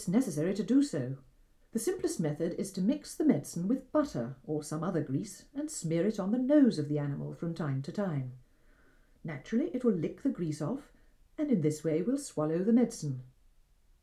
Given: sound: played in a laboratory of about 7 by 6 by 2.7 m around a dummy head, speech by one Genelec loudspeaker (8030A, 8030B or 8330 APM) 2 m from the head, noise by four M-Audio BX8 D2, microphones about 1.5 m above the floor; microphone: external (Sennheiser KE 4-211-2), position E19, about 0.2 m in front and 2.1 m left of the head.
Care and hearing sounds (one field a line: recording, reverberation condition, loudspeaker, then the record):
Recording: female speech in English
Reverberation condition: low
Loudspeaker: 60 degrees to the left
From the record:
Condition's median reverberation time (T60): about 310 ms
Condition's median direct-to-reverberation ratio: about 3.5 dB